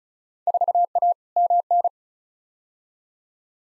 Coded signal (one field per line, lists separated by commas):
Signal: Morse code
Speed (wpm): 36 wpm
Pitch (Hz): 700 Hz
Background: none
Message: 4A MN